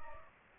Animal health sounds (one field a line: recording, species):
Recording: mosquito wingbeat signal from an infrared sensor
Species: Aedes aegypti